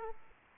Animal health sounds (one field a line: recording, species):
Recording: mosquito wingbeat signal from an infrared sensor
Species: Aedes aegypti